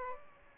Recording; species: mosquito wingbeat signal from an infrared sensor; Aedes aegypti